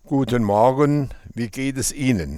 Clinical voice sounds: spoken sentence; German; male; 60 to 69 years; 1; 1; 0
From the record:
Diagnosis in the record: contact pachydermia, presbyphonia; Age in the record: 66 years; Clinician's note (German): Ohne Reflux

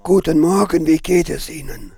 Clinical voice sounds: spoken sentence; German; male; 60 to 69 years; 3; 1; 3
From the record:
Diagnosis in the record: frontolateral partial laryngectomy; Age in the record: 67 years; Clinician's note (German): Zustand danach

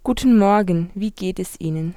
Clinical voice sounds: spoken sentence; German; female; 20 to 29 years; 0; 0; 0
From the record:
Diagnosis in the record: healthy voice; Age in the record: 21 years

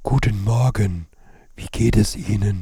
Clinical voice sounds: spoken sentence; German; male; 40 to 49 years; 2; 1; 2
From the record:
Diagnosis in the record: recurrent laryngeal nerve paralysis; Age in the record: 48 years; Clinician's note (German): Links intermediär schlaff, keine Kompensation, ausgeprägte Dysphonie

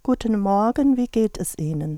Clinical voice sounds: spoken sentence; German; female; 60 to 69 years; 2; 1; 2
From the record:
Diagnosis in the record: dysphonia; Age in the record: 62 years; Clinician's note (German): Multifaktorielle Dysphonie bei chron. Asthma mit spray-Nebenwirkungen

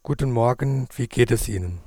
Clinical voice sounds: spoken sentence; German; male; 20 to 29 years; 2; 2; 2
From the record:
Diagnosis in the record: recurrent laryngeal nerve paralysis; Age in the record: 23 years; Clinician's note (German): Rec Par. in Intermediärstellung, keine strob. Restbeweglichkeit

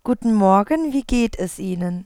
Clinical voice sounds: spoken sentence; German; female; 20 to 29 years; 1; 1; 0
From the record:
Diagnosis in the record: hypofunctional dysphonia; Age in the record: 23 years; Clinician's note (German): Mit Phonationsverdickungen bds

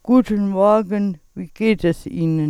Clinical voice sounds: spoken sentence; German; female; 50 to 59 years; 0; 0; 0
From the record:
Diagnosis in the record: dysarthrophonia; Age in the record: 52 years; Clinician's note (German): Beginnende Form mit beids. unregelmäßigem Schwingungsbild; primär Dysglossie

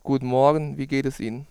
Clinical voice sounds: spoken sentence; German; male; 20 to 29 years; 0; 0; 0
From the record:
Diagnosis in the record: contact pachydermia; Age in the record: 29 years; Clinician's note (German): Kontaktpachydermie ohne "Kontaktpachydermie"

